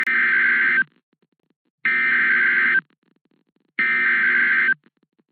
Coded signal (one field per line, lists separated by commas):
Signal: Emergency Alert System (SAME) tones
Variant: header bursts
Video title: 2 Severe Thuderstorm Warning Double Header EAS Noaa Weather Radio Station KID 77 Kansas City MO